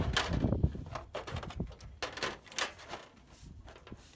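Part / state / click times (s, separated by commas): decorative insert into the grille / seated / 2.0 s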